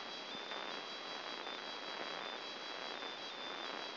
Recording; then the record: brain microelectrode recording played as sound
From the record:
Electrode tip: outside the subthalamic nucleus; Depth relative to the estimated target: 4 mm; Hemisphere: left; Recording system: AlphaMap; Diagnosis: Parkinson's disease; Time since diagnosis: 11 years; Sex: male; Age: 50 years